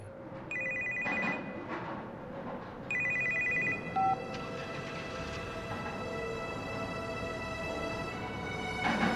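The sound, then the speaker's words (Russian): A father's mobile phone rings in repeated electronic bursts, bright, steady tones pulsing in two clear groups before a sustained chime, over a constant low background hum with no talking. “Звонит мобильный отца.”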